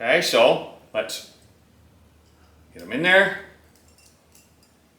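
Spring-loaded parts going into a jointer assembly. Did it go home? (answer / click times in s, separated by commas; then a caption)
no / none. During a Craftsman 6-inch jointer rebuild, small spring-loaded metal parts are compressed and lined up by hand to go into the jointer assembly while someone talks. Faint metallic ticks of handling are heard around 3.8 s and 4.4 s. Nothing has seated or clicked yet; seating with a screwdriver comes later.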